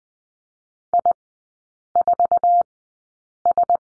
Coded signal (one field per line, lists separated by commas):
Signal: Morse code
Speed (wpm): 20 wpm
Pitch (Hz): 700 Hz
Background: none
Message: I4S